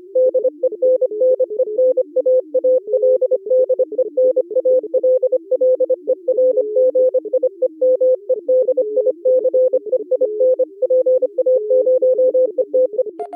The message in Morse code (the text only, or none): DENNENAALDEN ALLERGIE MEDICEIN PA0ETE